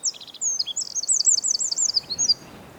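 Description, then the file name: Eurasian wren, a short, intense high song of piercing notes, a brief rattle and rapid rolling trills, ending with a few sharp chips. "Troglodytes troglodytes"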